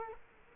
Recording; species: mosquito wingbeat signal from an infrared sensor; Culex quinquefasciatus